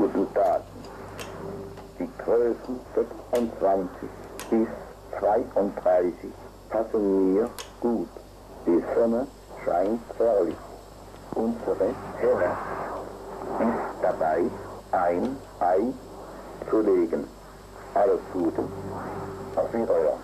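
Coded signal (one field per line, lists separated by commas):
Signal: numbers station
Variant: Tyrolean Music Station, German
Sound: a voice reads short odd German sentences about sizes, sunshine and a hen, calmly paced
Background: low radio hum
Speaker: La période de la guerre froide lui évoque une station en particulier, la station de musique tyrolienne.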